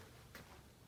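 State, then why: Seated. A bike rack roller is lined up with the metal rack tubes and slid on with its spring pop pin pulled, then the pin is released into the rack tube. A faint, short click sounds at 0.4 s over a low background hiss. The pop pin clicks into position and the roller is seated.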